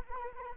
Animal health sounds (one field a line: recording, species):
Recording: mosquito wingbeat signal from an infrared sensor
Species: Anopheles arabiensis